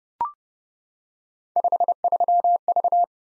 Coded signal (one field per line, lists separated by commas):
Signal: Morse code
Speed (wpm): 30 wpm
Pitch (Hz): 700 Hz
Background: none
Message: 53V